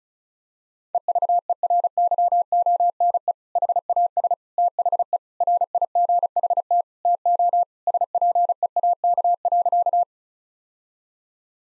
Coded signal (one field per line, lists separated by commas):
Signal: Morse code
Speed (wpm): 36 wpm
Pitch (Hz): 700 Hz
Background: none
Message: EVERYONE HAS THE RIGHT TO SPEAK.